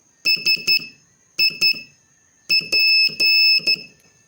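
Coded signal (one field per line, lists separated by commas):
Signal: Morse code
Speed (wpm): 11 wpm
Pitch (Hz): 2600 Hz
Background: none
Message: SIP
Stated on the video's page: Morse code lesson practice adding letters P and X, using three- and four-letter practice words.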